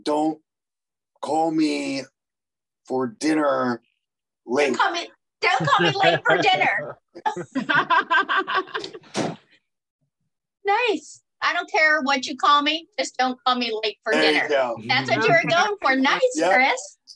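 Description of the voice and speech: An adult speaks casually in clear, fluent conversational speech, fumbling one phrase and then repeating it correctly; ordinary speech.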